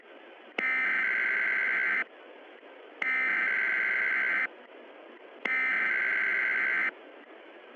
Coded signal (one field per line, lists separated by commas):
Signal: Emergency Alert System (SAME) tones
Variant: header bursts